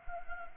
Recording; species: mosquito wingbeat signal from an infrared sensor; Anopheles gambiae